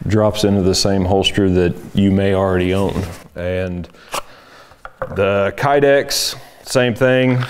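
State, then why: Not seated. Someone talks while a pistol fitted with a new grip module is handled in front of a kydex holster. The pistol has not yet been pushed in, and nothing has seated or clicked yet.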